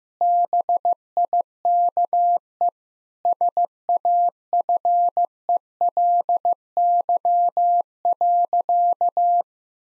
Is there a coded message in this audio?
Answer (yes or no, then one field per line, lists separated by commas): yes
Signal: Morse code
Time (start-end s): 0.2-9.4 s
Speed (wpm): 16 wpm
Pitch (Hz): 700 Hz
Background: none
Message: BIKE SAFELY.